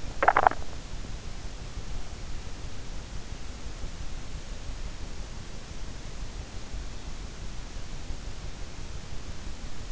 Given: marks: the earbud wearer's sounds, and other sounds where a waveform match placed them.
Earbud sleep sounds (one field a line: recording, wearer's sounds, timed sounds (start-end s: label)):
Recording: sounds in sleep by an in-ear microphone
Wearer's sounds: swallowing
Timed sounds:
0.00-0.86 s: swallowing